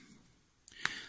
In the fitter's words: snaps right in now